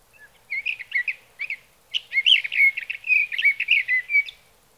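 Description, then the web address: Sage thrasher song: a few separate short warbled phrases, then a long, rapid, run-on warble of high musical notes. "birdsongforthecurious songs Sage Thrasher"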